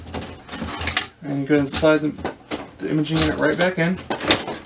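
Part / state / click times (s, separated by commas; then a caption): imaging unit into laser printer / not seated / none. A plastic imaging unit is slid back into a Lexmark MX517 laser printer while someone talks, with a few short knocks and scrapes of handling along the way. The clip ends before the unit goes home, so nothing has seated or clicked yet.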